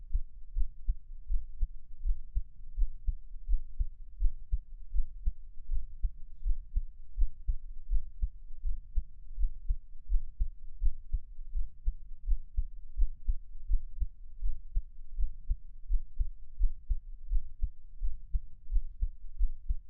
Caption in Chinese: 獻上我的心跳 | Give my Heartbeat | NO Talking。